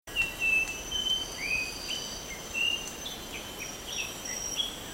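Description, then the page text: White-throated babbler calls: short clear whistled notes, some rising or slurred, given in quick irregular series over a steady high insect hum. Recorded at Sungai Wain, Borneo, on 1 March 2007. "Sound of White-throated Babbler at Sungai Wain by BOORSMA, Tjalle"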